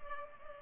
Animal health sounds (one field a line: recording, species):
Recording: mosquito wingbeat signal from an infrared sensor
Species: Culex pipiens